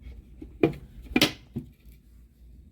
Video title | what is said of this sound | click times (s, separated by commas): Why HOFFMANS JUICER HM 639 WON'T WORK ( Assembling,Usage,Cleaning) Ft My Ginger Shot Recipe.... | that is a confirmation that it is locked when you want to lift it | 0.6 s, 1.2 s